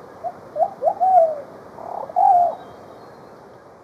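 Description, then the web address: Plumbeous pigeon cooing in mellow whistled notes, two or three short coos followed by longer slurred ones, over a low constant hiss. Ecuador. "Birds of Ecuador. Plumbeous Pigeon"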